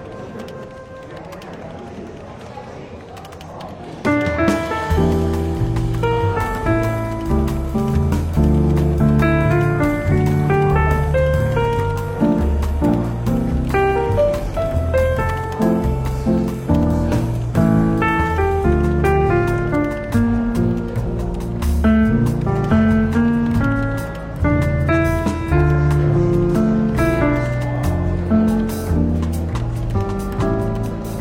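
Soft jazz fills a London bookshop café, starting after a quiet four-second murmur of the room. Then a full, steady band enters with warm bass and piano-like chords moving at an easy pace, while faint chatter and clinks stay low underneath.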